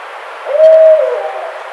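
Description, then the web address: Barred owl hoot, a drawn-out level note that fades with a slight downward slur at the end, against faint hiss. Recorded 30 April 2009. "Barred Owl 2009 04 30"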